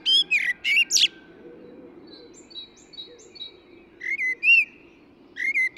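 Eurasian blackbird, mellow whistled notes broken by high squeaky accents, a run of faint thin repeated notes, then further fluty phrases.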